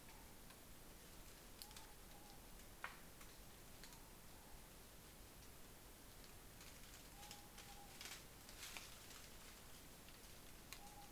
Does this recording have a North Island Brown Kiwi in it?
no